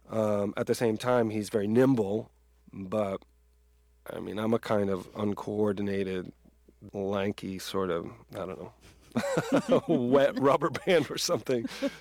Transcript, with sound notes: At the same time, he's very nimble, but, I mean, I'm a kind of uncoordinated, lanky, sort of, I don't know, (laughter) wet rubber band or something.